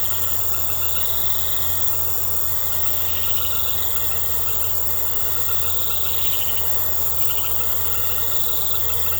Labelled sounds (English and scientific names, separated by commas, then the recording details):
none
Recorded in secondary vegetation near Puerto Asís, Putumayo, Colombia, on 19 March 2025 at 21:00
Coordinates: 0.468, -76.324
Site G059